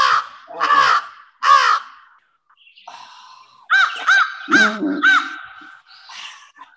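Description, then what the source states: American crow caws, three harsh calls in quick succession, then after a pause a run of four more strident caws, fairly evenly spaced. Recording played back in a bird-sound quiz.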